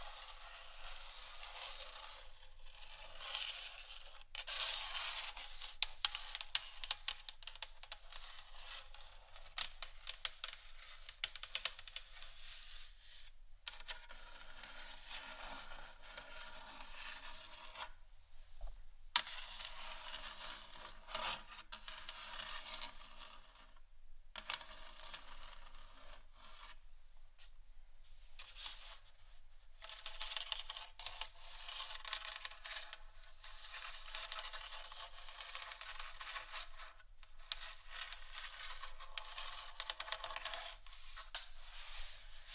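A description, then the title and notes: Intense scratching continues nearly nonstop, a dense, gritty rasp that sits mostly in the middle and upper range with little low end. Brief pauses break it around 13, 18 and 24 seconds. ASMR Intense Scratching. (No Talking).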